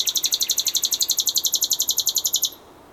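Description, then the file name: Common nightingale delivering a fast, even series of many identical sharp notes for about two and a half seconds, which then stops abruptly. "Luscinia megarhynchos"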